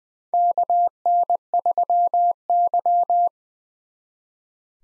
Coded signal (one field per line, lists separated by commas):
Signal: Morse code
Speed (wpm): 20 wpm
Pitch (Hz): 700 Hz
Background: none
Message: KN3Y